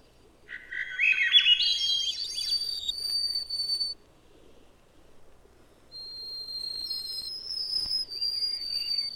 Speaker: white-throated sparrows repeat their much-loved chants in different keys.